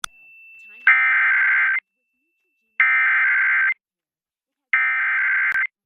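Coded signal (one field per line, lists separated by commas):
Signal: Emergency Alert System (SAME) tones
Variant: header bursts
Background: speech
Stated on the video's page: EAS special marine alert relayed on ABC station KGTV San Diego television.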